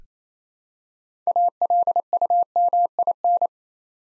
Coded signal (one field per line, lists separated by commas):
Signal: Morse code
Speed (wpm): 27 wpm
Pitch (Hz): 700 Hz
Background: none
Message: ALUMIN